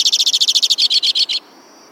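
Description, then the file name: White-winged crossbill trill: a short run of rapid, buzzy notes that stops abruptly, followed by faint hiss. "suara-kicauan-burung-white-winged-crossbill -omkicau"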